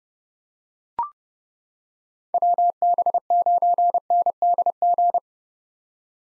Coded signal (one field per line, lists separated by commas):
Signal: Morse code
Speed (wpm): 30 wpm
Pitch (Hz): 700 Hz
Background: none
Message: WB9NDG